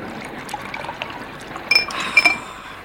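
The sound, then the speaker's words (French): Wine is poured into a glass with a steady, soft liquid trickle, followed by a couple of bright glassy clinks near the end. No one speaks. “Encore un coup de vin, ça vous passera.”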